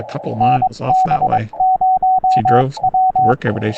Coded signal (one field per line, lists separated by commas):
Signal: Morse code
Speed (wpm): 22 wpm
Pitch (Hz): 750 Hz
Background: speech, radio noise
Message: NB0W